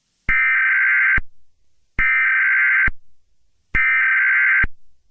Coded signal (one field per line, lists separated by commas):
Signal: Emergency Alert System (SAME) tones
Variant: header bursts